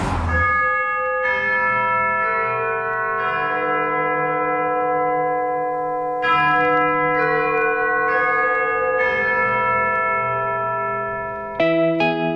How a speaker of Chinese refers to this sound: 11点钟，让我们跟随着大本钟开始我们今天的旅程。